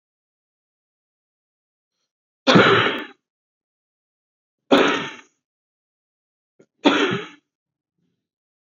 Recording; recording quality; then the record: heavy voluntary cough; excellent, no background noise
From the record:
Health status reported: COVID-19 positive, mild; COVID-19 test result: positive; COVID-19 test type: RT-PCR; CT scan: not taken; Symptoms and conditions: cough, cold, fatigue, diarrhoea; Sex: male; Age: 23 years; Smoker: no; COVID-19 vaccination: both doses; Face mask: not worn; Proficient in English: yes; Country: India